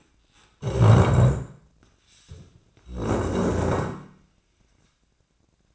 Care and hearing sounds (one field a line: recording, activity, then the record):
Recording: daily activity, microphone in the room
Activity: stand up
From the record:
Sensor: 2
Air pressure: 1012.1 hPa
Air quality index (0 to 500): 157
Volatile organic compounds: 2 ppm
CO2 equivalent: 1151 ppm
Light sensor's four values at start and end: 47/116/50/57 and 36/90/39/43